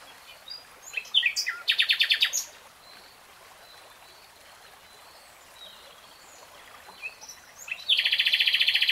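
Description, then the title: Nightingale song: a rapid buzzy repeated phrase, a quiet gap with thin notes, then a fast mechanical rattle of high pulses. Nightingale singing, real time. "[Tiếng chim hót] REALTIME Nightingale Singing"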